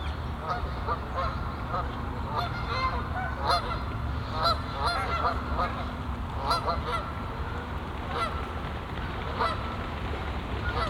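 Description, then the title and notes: Goose: geese calling steadily, many overlapping harsh nasal honks repeated throughout, with a constant low background rumble. Geese on the pond of Bouchout castle, Meise botanical garden, Belgium; binaural recording. "Plantentuin, Meise, Belgique - Oies - Geese. Meise, jardin botanique. Des oies sur l'étang du chateau de Bouchout. Meise botanical garden. Geese on the pond of the castle Bouchout"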